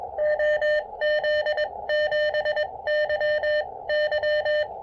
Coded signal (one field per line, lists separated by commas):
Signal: Morse code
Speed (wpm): 20 wpm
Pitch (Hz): 600 Hz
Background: none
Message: OZ7YY